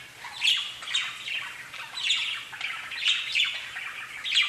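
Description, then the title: Budgerigar warbling, a steady stream of scratchy chirps and squeaky notes rising and falling in waves, with a faint low hum beneath. "Budgie Sounds"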